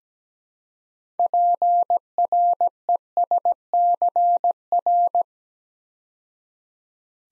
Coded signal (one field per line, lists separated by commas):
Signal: Morse code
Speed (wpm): 17 wpm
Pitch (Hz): 700 Hz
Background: none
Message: PRESCR